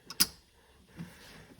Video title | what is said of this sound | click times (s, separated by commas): Ford 6.7 fuel filter | put it in until we hear the audible click | 0.1 s, 0.2 s